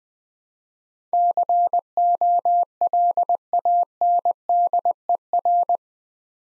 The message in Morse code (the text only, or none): COLANDER